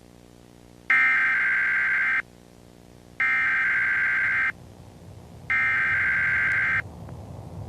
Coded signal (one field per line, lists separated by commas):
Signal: Emergency Alert System (SAME) tones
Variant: header bursts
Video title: EAS Scenario - The Rarity Virus 2